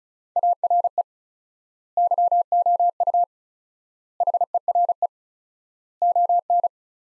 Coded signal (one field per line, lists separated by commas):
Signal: Morse code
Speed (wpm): 36 wpm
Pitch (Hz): 700 Hz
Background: none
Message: ARE YOU HERE ON